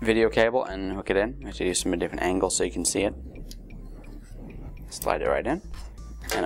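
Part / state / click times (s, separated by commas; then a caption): video cable plug into TV main board socket / seated / 6.3 s. Someone talks while a video cable plug is slid into its socket on a DLP TV main board, with a few faint small sounds during a quieter stretch. A sharp, short click at 6.3 s marks the plug seating in place.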